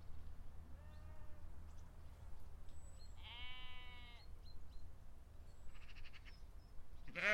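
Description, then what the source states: Sheep bleats: a faint short bleat, then a clearer wavering bleat of about a second, with brief bird chirps and a constant low rumble. Sheep in a field.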